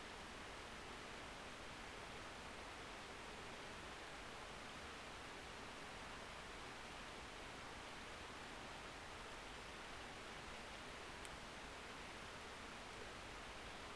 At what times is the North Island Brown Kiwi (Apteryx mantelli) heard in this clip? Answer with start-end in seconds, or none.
none